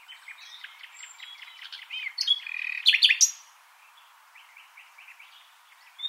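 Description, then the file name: Common nightingale song: quiet stuttering notes build to a short loud whistled and rattling flourish, then faint trailing notes. "Luscinia megarhynchos"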